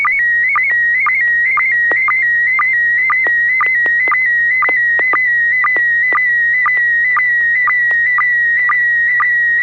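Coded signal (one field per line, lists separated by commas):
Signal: SSTV (slow-scan television)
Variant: PD120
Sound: steady high warbling tone with rapid rhythmic chirping ticks about twice a second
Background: low hum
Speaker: and I'm going about to share an image myself this will be pd120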